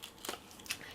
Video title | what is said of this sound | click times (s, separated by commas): Metabones Speed Booster XL 0.64x + Tamron 24-70mm f/2.8 on Panasonic G7 Video Test | And now that's locked into place. | 0.7 s